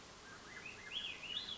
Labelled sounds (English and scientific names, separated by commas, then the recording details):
Swainson's Thrush (Catharus ustulatus)
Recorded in Sonoma County, California